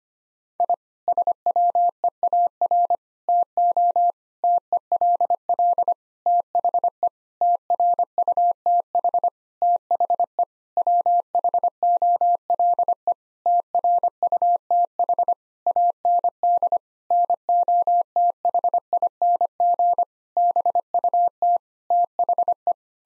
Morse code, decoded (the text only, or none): I SWEAR TO TELL THE TRUTH THE WHOLE TRUTH AND NOTHING BUT THE